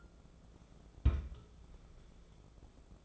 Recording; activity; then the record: daily activity, microphone in the room; place on stove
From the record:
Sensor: 5